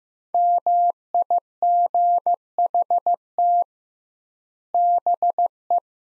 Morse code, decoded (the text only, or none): MIGHT BE